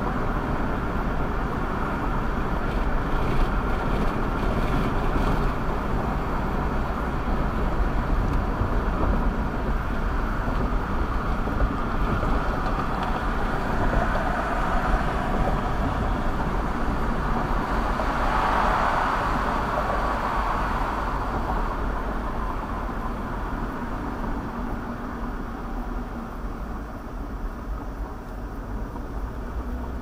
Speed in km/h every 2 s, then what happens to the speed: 77, 77, 77, 76, 72, 69, 68, 68, 68, 68, 66, 60, 50, 42, 39.
0-30 slows to 39.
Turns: none.